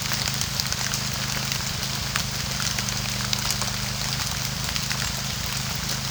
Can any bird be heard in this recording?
no